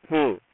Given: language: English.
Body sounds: throat vibration sensor signal played as sound; speech

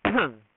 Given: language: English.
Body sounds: throat vibration sensor signal played as sound; cough

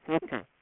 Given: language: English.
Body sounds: throat vibration sensor signal played as sound; speech

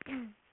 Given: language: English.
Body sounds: throat vibration sensor signal played as sound; throat clearing

